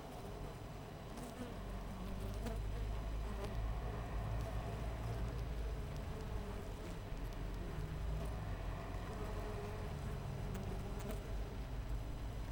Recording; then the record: honeybee colony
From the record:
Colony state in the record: missing queen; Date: 14 July 2017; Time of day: 4:54